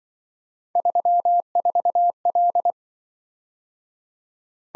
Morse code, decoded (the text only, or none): 34L